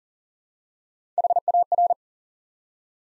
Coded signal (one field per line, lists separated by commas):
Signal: Morse code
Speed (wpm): 39 wpm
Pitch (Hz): 700 Hz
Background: none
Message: HAR